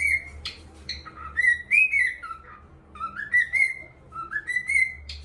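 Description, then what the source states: Cockatiel whistling: drawn-out, upward-sliding whistled notes in a slow melodic sequence, with a low hum beneath. Song for training a pet cockatiel.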